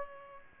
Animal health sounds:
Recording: mosquito wingbeat signal from an infrared sensor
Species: Culex pipiens

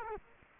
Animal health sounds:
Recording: mosquito wingbeat signal from an infrared sensor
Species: Culex quinquefasciatus

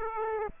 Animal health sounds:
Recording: mosquito wingbeat signal from an infrared sensor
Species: Aedes aegypti

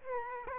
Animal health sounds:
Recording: mosquito wingbeat signal from an infrared sensor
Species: Aedes aegypti

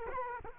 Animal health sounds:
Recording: mosquito wingbeat signal from an infrared sensor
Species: Culex quinquefasciatus

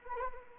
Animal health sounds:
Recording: mosquito wingbeat signal from an infrared sensor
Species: Anopheles arabiensis

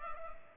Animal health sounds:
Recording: mosquito wingbeat signal from an infrared sensor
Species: Culex pipiens

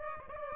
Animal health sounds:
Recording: mosquito wingbeat signal from an infrared sensor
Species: Aedes aegypti

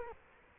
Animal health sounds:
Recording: mosquito wingbeat signal from an infrared sensor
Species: Culex quinquefasciatus

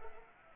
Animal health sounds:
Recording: mosquito wingbeat signal from an infrared sensor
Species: Anopheles arabiensis

